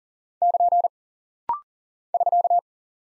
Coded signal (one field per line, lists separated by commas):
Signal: Morse code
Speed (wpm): 42 wpm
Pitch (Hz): 700 Hz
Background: none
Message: <KN> <SK>